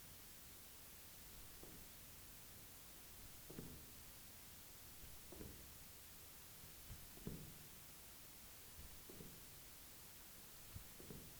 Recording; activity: daily activity, guitar pickup as the sensor; jump